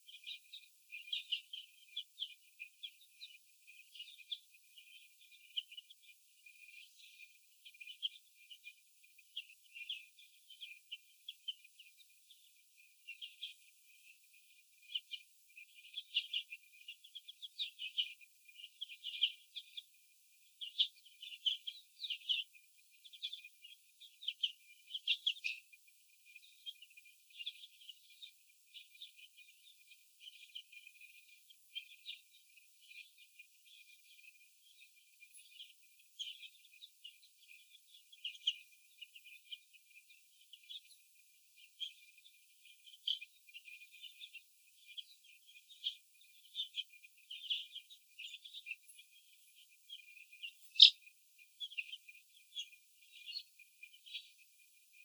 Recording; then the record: young laying hens in a cage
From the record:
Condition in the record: after the stressor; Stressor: sudden umbrella opening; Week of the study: 2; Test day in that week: 1